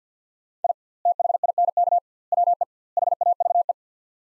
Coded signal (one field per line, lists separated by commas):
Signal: Morse code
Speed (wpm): 45 wpm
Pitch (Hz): 700 Hz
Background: none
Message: I THINK WE HAVE